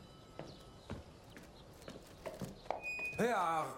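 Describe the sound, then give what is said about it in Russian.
Footsteps of an Afghan man walking away at a slow, steady pace, about six firm steps, followed by a loud, wavering voiced sound at the end. “Афганец уходит, оставив ишака во дворе.”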